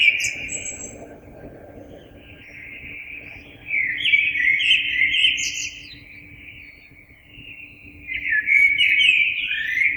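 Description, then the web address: Common blackbird song: several fluting, warbled phrases with high scratchy endings, rising and falling in loudness, short pauses between verses; faint steady hum. Recorded 26 April 2022. "oiseaux Merle 2022 04 26"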